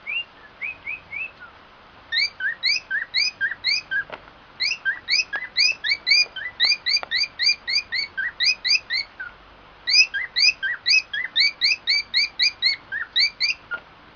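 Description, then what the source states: Cockatiel song of quick, bright, upslurred chirps in rapid runs, broken by short pauses, over a faint steady hiss. Song of a white-faced cockatiel.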